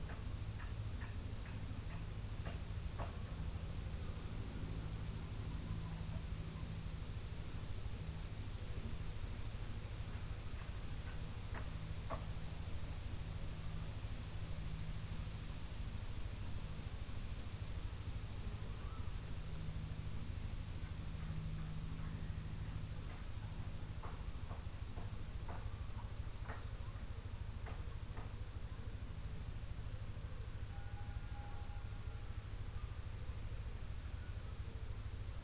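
Country sounds: a steady low rumble like passing traffic underlies sparse ticks and clicks, with a faint brief whistle-like tone near thirty seconds.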